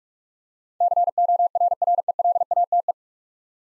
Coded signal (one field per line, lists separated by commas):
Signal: Morse code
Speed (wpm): 42 wpm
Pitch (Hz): 700 Hz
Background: none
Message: CORRELATE